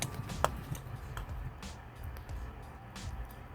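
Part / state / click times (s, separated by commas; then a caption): rear bumper cover clip into body side bracket slot / seated / 0.4 s. A rear bumper cover edge on a 2013–2015 Honda Accord is pushed down so its plastic retaining clip snaps into the slot on the body side bracket. A sharp snap is heard at 0.4 s, followed by a few fainter ticks over a low background rumble. The clip seats in the slot.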